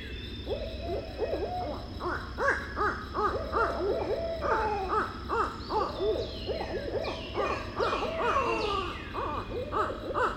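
Birds calling, a dense chorus of many overlapping repeated notes over a steady low rumble.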